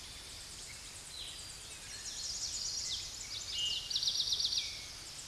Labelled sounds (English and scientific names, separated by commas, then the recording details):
Eastern Towhee (Pipilo erythrophthalmus) song
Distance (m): 20 m
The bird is about level with the microphone
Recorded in a Pennsylvania forest on 16 May 2024 at 08:02
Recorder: AudioMoth, point MSD-2443
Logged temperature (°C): 16.4 °C
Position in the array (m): 183 m, 197 m